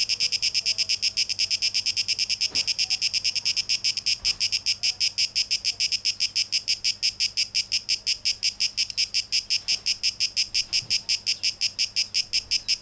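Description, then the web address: Cicada song as a piercing, high buzz broken into rapid rhythmic pulses, with a few faint low knocks underneath. Recorded 12 August 2023; tape echo mix. "rauschpartikel Audio 2023-08-12 Zikaden (Tape Echo Mix)"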